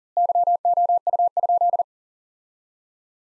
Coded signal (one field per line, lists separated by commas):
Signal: Morse code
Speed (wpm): 37 wpm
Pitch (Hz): 700 Hz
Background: none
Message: YOU?